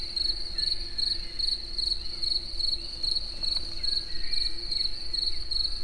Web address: allathangok termeszetben tucsok premium munkazaj esbagolyis egerturistahaz